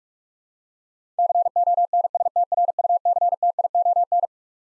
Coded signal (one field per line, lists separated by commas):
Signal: Morse code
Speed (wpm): 46 wpm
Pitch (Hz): 700 Hz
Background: none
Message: CONSTRUCTION